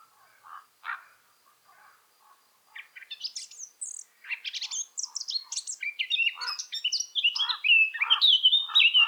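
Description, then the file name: Eurasian blackcap song: quiet low twitters rising into a busy, varied warble and ending with loud, clear fluting phrases. "Sylvia atricapilla"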